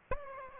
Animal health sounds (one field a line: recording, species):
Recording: mosquito wingbeat signal from an infrared sensor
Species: Aedes aegypti